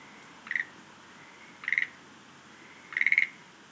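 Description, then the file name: Schlegel's green tree frog giving three short rattling croaks, each a rapid string of clicks, the last one longest. "rodolphe alexis - rhacophorus schlegelii"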